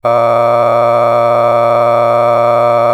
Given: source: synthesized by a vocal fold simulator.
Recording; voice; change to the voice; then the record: sustained vowel; male; a random mix of aspiration noise, stiffness perturbation and strain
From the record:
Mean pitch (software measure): 118 Hz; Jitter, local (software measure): 2.52%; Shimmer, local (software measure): 7.1%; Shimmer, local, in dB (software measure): 0.62 dB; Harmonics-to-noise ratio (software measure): 11.9 dB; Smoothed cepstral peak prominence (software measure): 15.9 dB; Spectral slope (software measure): -16.6 dB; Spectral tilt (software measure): -11.5 dB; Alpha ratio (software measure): -7.1 dB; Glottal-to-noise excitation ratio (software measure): 0.971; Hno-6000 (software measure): 2.3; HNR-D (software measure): 24.0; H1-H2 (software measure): 4.2 dB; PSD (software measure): 1.7e-04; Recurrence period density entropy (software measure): 0.106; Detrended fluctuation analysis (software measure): 0.0442